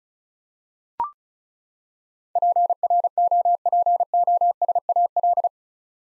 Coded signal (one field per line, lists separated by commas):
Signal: Morse code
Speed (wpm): 34 wpm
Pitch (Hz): 700 Hz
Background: none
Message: PROPOSAL